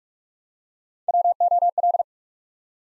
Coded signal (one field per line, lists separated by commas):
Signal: Morse code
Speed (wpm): 46 wpm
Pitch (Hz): 700 Hz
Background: none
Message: WOL